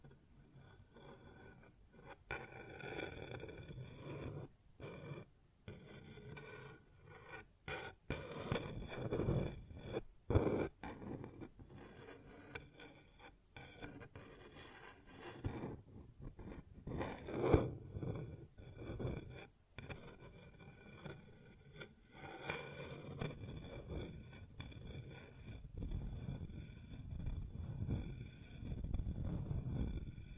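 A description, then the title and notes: Objects are moved and rubbed across a wooden surface in a steady run of scraping and knocking for the full thirty seconds. The sound is mostly low and dull, with short silent gaps breaking it up and a sharper knock near seventeen seconds. ASMR Sounds on Wooden Surface (No Talking).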